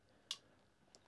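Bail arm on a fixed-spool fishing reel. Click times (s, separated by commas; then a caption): 0.3 s. The bail arm of a large Shimano Ultegra XR 14000 XSD fixed-spool fishing reel is flipped over by hand and snaps into its locked position with a sharp metal click at 0.3 s. A fainter tick follows at about 0.9 s, and the bail arm ends up fully locked over.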